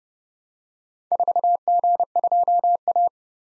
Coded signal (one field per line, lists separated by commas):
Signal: Morse code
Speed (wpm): 30 wpm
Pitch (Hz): 700 Hz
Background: none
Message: 4G2A